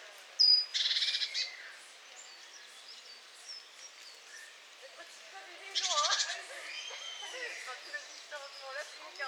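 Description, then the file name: Great tit churring calls: two buzzy rattles about five seconds apart, followed by a scatter of soft twittering notes. "Parus major"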